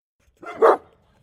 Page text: Lynne Music 2. Big Dog Barking 4: Large dog barking, such as a German shepherd or similar size dog. Also a second dog joining in